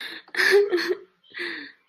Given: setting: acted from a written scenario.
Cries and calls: vocal sound without words; sadness

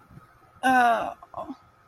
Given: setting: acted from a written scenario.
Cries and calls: vocal sound without words; guilt

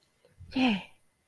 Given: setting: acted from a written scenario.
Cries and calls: vocal sound without words; triumph

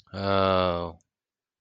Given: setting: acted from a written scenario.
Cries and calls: vocal sound without words; realization

